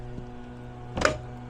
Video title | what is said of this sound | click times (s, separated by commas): Undercover Armor Flex & AMP Research Bed Extender on 2025 Ford F-150 review by C&H Auto Accessories | And you see it locks in place very nicely. | 1.0 s